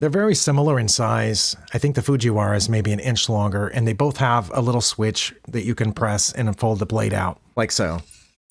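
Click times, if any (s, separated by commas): none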